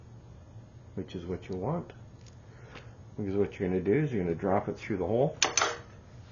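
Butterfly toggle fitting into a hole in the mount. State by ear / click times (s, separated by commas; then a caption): seated / 5.6 s. Someone talks while the folded, spring-loaded butterfly wings of a toggle fitting are pushed through a hole in the mount or table of a Legare circular sock knitting machine. At 5.6 s the wings spring open with a sharp click, and the toggle is seated in the hole.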